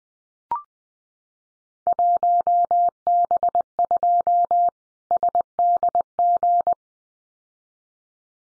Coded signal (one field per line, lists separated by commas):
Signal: Morse code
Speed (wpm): 20 wpm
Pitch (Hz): 700 Hz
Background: none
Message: 1B2 SDG